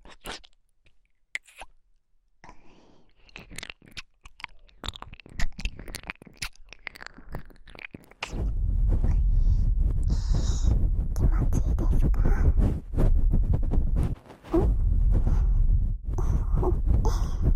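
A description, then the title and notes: Ear-eating mouth sounds: for the first eight seconds, sparse wet clicks and smacks come at irregular moments with quiet gaps between. Then a thick, steady low rumble takes over, full of crackly chewing and crunching, broken by short drops near 13, 14 and 16 seconds. ASMR Halloween Ear Eating.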